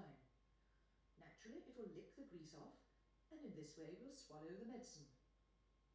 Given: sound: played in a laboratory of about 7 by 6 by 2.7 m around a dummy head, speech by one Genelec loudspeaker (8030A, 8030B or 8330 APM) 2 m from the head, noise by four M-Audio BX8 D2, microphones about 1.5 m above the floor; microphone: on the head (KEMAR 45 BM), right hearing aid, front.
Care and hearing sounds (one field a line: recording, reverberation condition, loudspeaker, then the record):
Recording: female speech in English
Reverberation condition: medium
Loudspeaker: 60 degrees to the left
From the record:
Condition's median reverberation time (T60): about 510 ms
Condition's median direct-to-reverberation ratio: about -0.5 dB